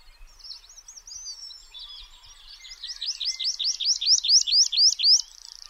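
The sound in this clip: Tree pipit song building from thin wavering whistles into a loud, steady series of repeated sharp chirps that stops abruptly.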